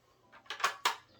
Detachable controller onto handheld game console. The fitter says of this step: OK, pourtant ça se clipse très très facilement.